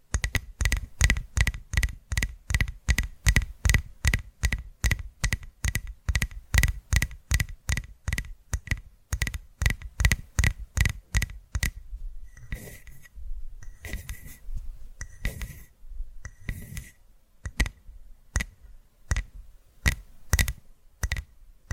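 ASMR tapping: quick, evenly spaced taps with a dull thump and a faint ringing ping, about four per second for the first twelve seconds. The pace then breaks into sparser, irregular taps mixed with soft rustling before steadier tapping returns near the end.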